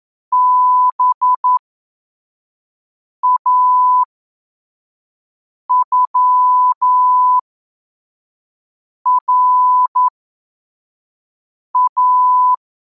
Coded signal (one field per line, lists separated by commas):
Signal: Morse code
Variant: Russian alphabet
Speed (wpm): 11 wpm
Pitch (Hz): 1000 Hz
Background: none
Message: БАЮРА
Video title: Азбука Морзе. Урок 12. Тексты для отработки приёма. Скорость 3 гр/м.